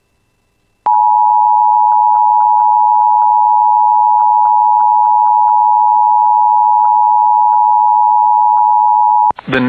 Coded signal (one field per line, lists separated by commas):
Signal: Emergency Alert System (SAME) tones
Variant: 853 and 960 Hz attention tone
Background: speech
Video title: [EAS] Severe Thunderstorm Warning for Cass County (6/29/26)